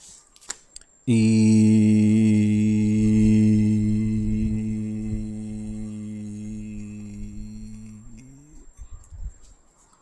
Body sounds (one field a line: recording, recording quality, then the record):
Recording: sustained vowel as in beet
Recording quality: excellent, no background noise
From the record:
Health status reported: healthy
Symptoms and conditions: diabetes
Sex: male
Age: 51 years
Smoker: yes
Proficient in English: yes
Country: India